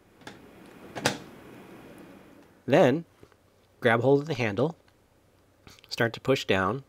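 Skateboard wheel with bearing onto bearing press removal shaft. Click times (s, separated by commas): 1.1 s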